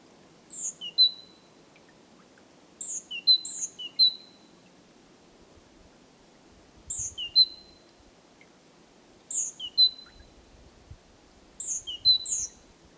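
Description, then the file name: Great tit calling in short bursts of thin high notes and a sharp whistle, the groups repeated every few seconds. "Parus major"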